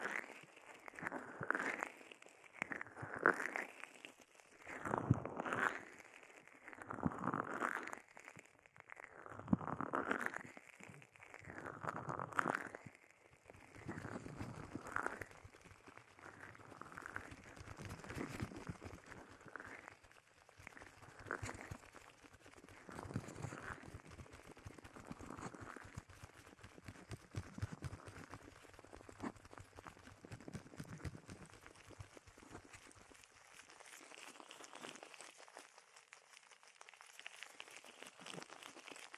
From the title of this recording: Bubble Wrap, Sponge